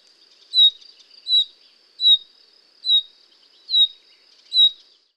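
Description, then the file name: Common chaffinch calls: a short, high, downward-slurred note repeated six times, roughly every 0.8 seconds, over a steady high-pitched hum. "Fringilla coelebs"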